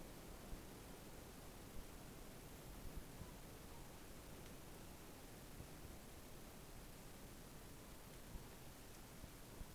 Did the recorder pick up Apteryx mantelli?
no